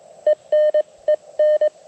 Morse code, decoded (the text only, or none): ENEN